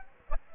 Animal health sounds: mosquito wingbeat signal from an infrared sensor; Aedes aegypti

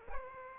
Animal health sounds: mosquito wingbeat signal from an infrared sensor; Aedes aegypti

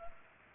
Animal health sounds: mosquito wingbeat signal from an infrared sensor; Culex pipiens

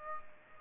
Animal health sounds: mosquito wingbeat signal from an infrared sensor; Aedes aegypti

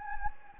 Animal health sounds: mosquito wingbeat signal from an infrared sensor; Anopheles gambiae

